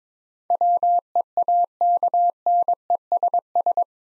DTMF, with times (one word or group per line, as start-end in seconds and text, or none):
none